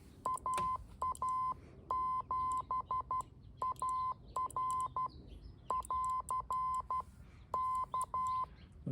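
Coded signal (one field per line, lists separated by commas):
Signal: Morse code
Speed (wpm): 12 wpm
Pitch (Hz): 1030 Hz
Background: none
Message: AA7AR <AR> K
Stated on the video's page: QRP backyard portable CW attempt with MFJ-9040 rig, MFJ-971 tuner, battery power, MFJ keyer and a short 40 m vertical.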